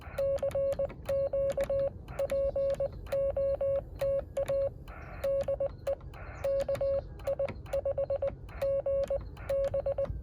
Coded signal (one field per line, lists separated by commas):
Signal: Morse code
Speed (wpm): 20 wpm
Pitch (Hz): 550 Hz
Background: radio noise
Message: CQ POTA DE KI5GB